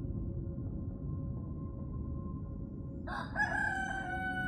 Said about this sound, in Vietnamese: Tiếng gà gái canh tư làm cho hai bành choàng tỉnh sau một giấc ngủ dài